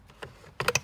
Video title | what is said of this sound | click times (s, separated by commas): Lexus cabin air filter install video | slide your lane until it clicks | 0.6 s, 0.7 s, 0.8 s